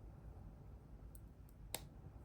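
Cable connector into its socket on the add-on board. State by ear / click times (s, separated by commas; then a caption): seated / 1.8 s. A cable connector is pressed carefully into its socket on the FlipperMeister add-on board for the Flipper Zero. Two faint high ticks at about 1.1 and 1.5 seconds lead up to a sharp, bright click at 1.8 seconds. The connector seats.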